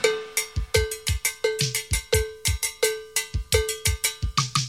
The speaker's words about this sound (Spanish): Muévase sabroso, pero escuchen la campana.